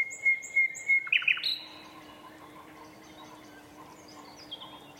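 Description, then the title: Common nightingale song opening with a run of loud, piping whistles on one pitch, then a sharp rising flourish, before fading, over a steady low hum. Two males in a competitive duet at dusk in a dense thorn thicket, north Dorset countryside woodland. "Sound Escape 119: An astonishing nightingale duet in a Dorset woodland"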